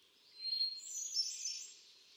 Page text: Birdsong for the Curious Naturalist. Hermit thrush. A truly gifted and inspiring songster, example 1. Can you hear how he cycles through his repertoire of about ten different songs? June 13, 2006. Quabbin Park, Ware, Massachusetts